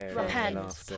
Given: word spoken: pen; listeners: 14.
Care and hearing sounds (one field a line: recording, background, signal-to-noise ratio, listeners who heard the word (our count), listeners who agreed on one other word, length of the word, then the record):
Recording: one English word in noise, from a listening test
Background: four-talker babble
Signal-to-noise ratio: 0.9 dB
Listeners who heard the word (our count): 0 of 14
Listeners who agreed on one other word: 10 of 14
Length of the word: 0.57 s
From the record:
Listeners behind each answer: 10, 3, 1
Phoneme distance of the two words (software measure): 21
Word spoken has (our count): 1 syllable, 3 phonemes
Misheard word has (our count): 2 syllables, 6 phonemes, stress on syllable 2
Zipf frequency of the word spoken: 4.37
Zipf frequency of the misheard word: 2.87